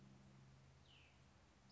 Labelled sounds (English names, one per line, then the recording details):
Cassin's Vireo
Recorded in Sonoma County, California